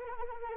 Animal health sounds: mosquito wingbeat signal from an infrared sensor; Anopheles arabiensis

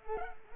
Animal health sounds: mosquito wingbeat signal from an infrared sensor; Culex pipiens

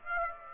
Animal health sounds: mosquito wingbeat signal from an infrared sensor; Aedes aegypti

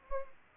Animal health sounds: mosquito wingbeat signal from an infrared sensor; Anopheles gambiae

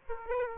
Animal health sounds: mosquito wingbeat signal from an infrared sensor; Aedes aegypti

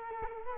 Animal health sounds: mosquito wingbeat signal from an infrared sensor; Culex quinquefasciatus

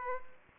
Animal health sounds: mosquito wingbeat signal from an infrared sensor; Aedes aegypti

